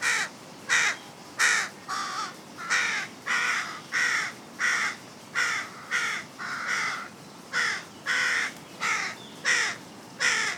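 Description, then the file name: Carrion crow calling steadily, a long series of coarse, grating caws, somewhat more than one per second. "Corvus corone"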